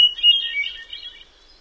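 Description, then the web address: Hermit thrush song phrase, brief: a steady whistled opening note then a fast, wavering cluster of fluty notes that fades out. "Songs of Birds of North America Know Your Bird Sounds Common Western Species. Hermit Thrush"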